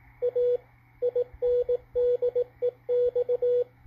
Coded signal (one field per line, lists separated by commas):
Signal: Morse code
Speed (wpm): 17 wpm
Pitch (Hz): 490 Hz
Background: radio noise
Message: A INDEX